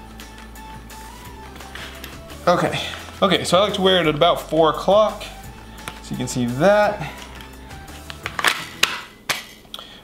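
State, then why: Seated. Someone talks while the Alien Gear ShapeShift modular holster's belt clip is pushed onto the gun belt at the hip at about the 4 o'clock position, with handling clinks in the background. A sharp, loud click at 8.8 s marks the clip snapping into place, seated securely.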